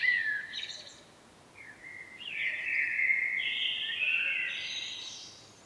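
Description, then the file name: Common blackbird singing warbled, twittering phrases around a steady middle pitch, a short burst then a longer run of several seconds, with faint background hiss. "Turdus merula"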